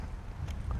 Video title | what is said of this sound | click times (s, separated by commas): saramonic UwMic 10 review part 2 | going to rotate it in slide it into place until it clicks | 0.5 s, 0.7 s